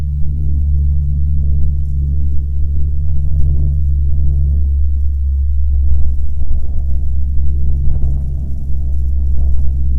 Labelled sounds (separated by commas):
songbird, wind, aircraft